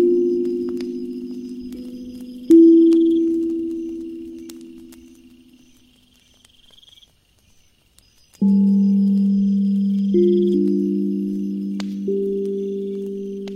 Ethereal drum, bonfire, firewood sound, insects